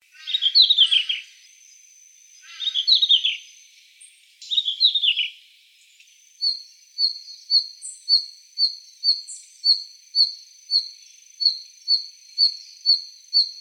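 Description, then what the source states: Red-flanked bluetail: three warbling, twittering bursts at first, then a steady run of short, high, thin calls about twice a second over a faint constant high tone. Recorded 21 November 2014.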